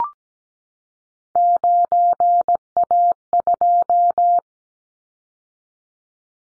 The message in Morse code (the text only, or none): 9A2